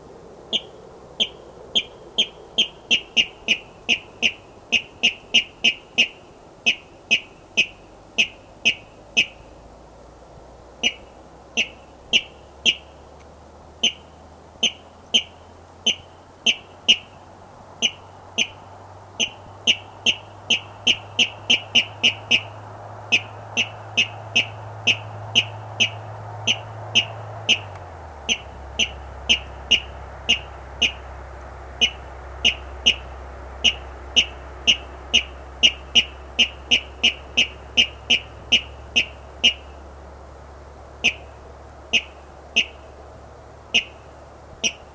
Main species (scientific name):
Rallus aquaticus